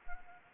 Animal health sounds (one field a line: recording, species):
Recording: mosquito wingbeat signal from an infrared sensor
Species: Anopheles arabiensis